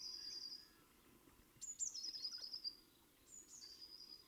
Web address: SETE data Cyanistes caeruleus